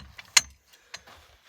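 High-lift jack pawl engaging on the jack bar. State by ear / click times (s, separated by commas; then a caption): seated / 0.4 s. Someone works the handle of a steel high-lift jack, and the pawl engages on the jack bar with a sharp metallic click at 0.4 s as it resets. Fainter ticks come at about 0.2 s and 0.9 s. The pawl seats and the jack resets, ready to lift again.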